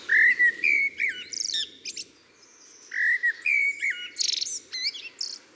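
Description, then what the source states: Common Blackbird song: two rich, fluted phrases in a low whistled voice, each closing in a higher, scratchy twitter, over a steady low hum. Judged the most beautiful birdsong; like other birdsong, can benefit psychological balance; ideal for waking up gently.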